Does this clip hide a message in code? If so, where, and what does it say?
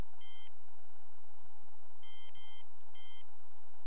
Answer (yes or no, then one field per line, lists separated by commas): no